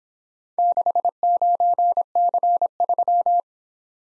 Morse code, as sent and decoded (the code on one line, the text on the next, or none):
-.... ----. -.-. ...--
69C3